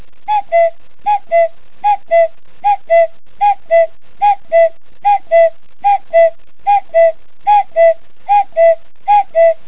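Cuckoo calling a clear two-note descending 'cu-coo', repeated steadily about every eight-tenths of a second, twelve times, with no other sounds.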